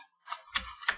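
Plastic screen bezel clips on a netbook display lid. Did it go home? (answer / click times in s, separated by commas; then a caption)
released / 0.3 s, 0.6 s, 0.9 s. The plastic screen bezel of an HP Mini 1103 netbook is lifted away from the display lid with the fingertips, and its plastic retaining clips snap loose one after another. Three sharp snaps are heard at 0.3, 0.6 and 0.9 seconds, the last the loudest. The snapping shows the bezel is coming free of the lid.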